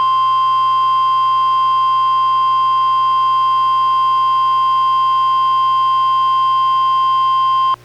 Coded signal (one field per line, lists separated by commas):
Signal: Emergency Alert System (SAME) tones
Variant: 1050 Hz attention tone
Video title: EAS #921: NWR Required Weekly Test- Apr. 3, 2024- 11:09AM PDT